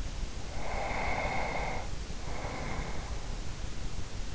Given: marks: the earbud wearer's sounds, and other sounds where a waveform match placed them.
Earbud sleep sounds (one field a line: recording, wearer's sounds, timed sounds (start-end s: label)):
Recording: sounds in sleep by an in-ear microphone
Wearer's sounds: breath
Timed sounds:
0.46-3.46 s: breath